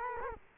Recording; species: mosquito wingbeat signal from an infrared sensor; Culex quinquefasciatus